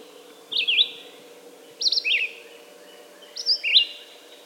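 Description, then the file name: Red-eyed vireo delivering three quick warbled phrases, each a couple of linked slurred notes, spaced about a second and a half apart, with faint steady hum underneath. "red-eyed vireo song by jonathon jongsma"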